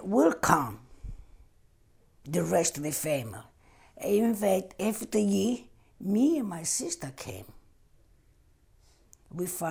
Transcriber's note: none